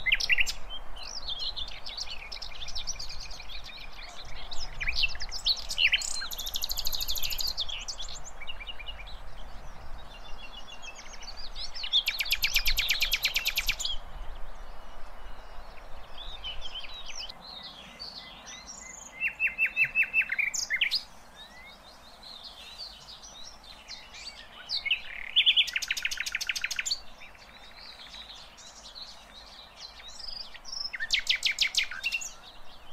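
Many birds chirp and trill in a forest, overlapping bright calls with dense bursts near 13, 20 and 26 seconds over a low steady rumble.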